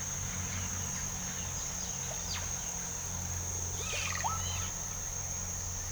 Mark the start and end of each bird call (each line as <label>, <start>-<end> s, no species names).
bird call, 3.63-4.71 s